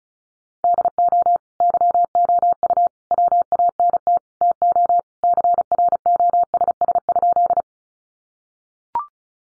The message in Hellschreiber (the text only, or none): none